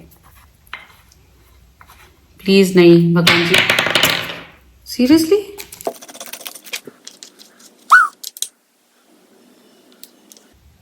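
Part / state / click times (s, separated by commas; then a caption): strap fastener on a wooden slipper / not seated / none. Someone repeatedly tries to fasten the elastic strap closure on a wooden slipper (khadau) into its place, producing small taps and clicks while someone talks. The strap fastener fails to lock, and nothing has seated or clicked into place.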